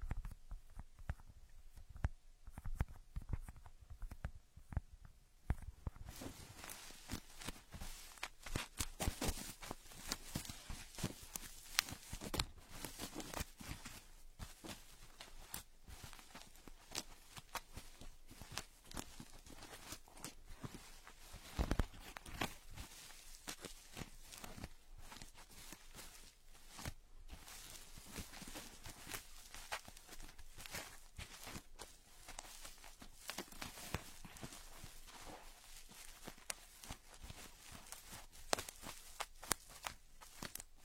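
Ear picking: dense, crackly scratching and rubbing that runs almost nonstop. The first six seconds are sparser, with scattered soft clicks, before the sound turns bright and busy, with sharper louder scrapes popping out every few seconds until the end.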